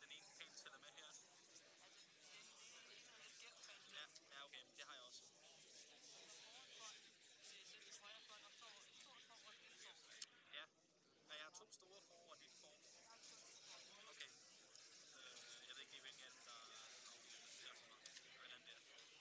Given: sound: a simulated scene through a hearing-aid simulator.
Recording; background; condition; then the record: conversation; cafeteria; -4 dB SNR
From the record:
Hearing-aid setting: III (slow-acting compression, loudness normalization, advanced features for about 2.5 dB of SNR improvement); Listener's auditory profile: A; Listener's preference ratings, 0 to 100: 36, 57, 33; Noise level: 65 dB SPL